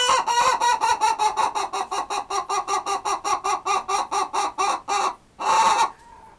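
Chicken clucking in a quick even series of harsh notes, closing with a single longer squawk before fading.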